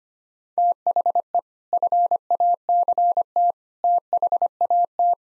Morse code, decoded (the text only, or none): THE FACT THAT